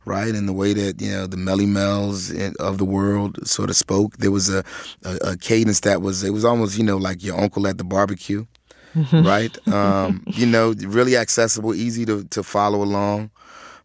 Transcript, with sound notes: and the way that, you know, the Melle Mels of the world sort of spoke. There was a cadence that was - it was almost, you know, like your uncle at the barbeque, right?
(Laughter).
You know, really accessible, easy to follow along.